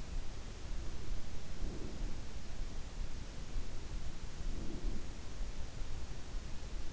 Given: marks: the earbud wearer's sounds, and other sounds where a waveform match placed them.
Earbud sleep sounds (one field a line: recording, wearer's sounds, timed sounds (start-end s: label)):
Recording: sounds in sleep by an in-ear microphone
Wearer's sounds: breath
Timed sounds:
1.30-2.23 s: breath
4.48-5.24 s: breath